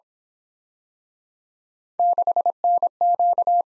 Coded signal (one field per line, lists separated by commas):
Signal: Morse code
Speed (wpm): 27 wpm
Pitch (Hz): 700 Hz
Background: none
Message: 6NQ